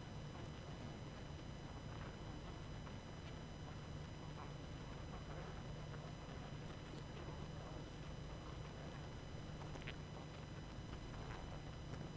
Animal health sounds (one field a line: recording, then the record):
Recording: honeybee colony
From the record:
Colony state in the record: active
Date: 12 June 2018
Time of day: 21:48